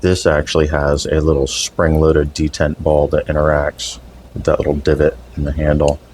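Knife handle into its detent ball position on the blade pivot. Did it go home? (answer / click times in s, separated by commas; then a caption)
no / none. A Delta Z 360° Pivot Executive pen-style pocket knife is being handled; its swing-lock handle rotates on the blade pivot and has a spring-loaded detent ball meant to drop into a small divot in the handle. Someone talks throughout the clip, and nothing has clicked or seated into place yet.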